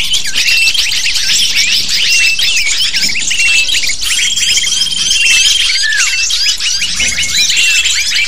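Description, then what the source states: Lovebirds chattering in a dense flock, shrill overlapping squeaks and chirps with sliding downward notes and a few thin sustained whistles, continuous throughout. Lure call used to attract lovebirds.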